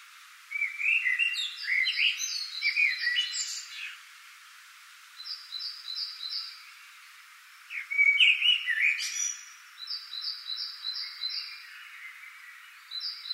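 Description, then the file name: Common blackbird giving two bursts of chattering, warbled phrases with high twitters; between them another bird repeats quick, evenly spaced high notes. "Turdus merula"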